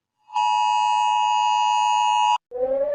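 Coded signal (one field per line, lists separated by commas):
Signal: Emergency Alert System (SAME) tones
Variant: 853 and 960 Hz attention tone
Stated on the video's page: EAS alarm tones played reversed.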